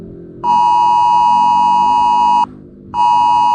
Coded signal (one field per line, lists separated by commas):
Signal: Emergency Alert System (SAME) tones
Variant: 853 and 960 Hz attention tone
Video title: eas scenario catemojibabyheat part 183 wildfire in tacloban